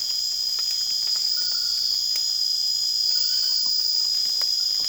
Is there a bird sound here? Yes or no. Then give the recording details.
no. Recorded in secondary vegetation near Puerto Asís, Putumayo, Colombia, on 30 June 2025 at 23:30. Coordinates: 0.485, -76.322. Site GP06